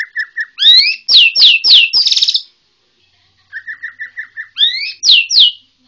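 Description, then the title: White-rumped shama singing: quick series of short notes, then loud rising and falling whistled slurs and a fast trill, repeated after a brief pause. Borneo. "MURAI BORNEO MAS KIKI"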